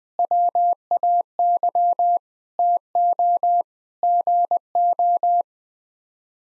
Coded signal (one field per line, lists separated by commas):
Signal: Morse code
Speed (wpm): 20 wpm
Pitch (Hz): 700 Hz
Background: none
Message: WAY TO GO